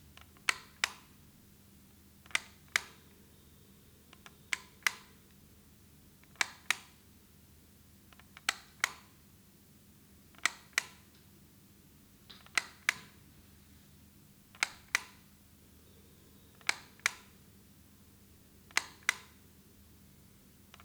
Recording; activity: daily activity, guitar pickup as the sensor; operate light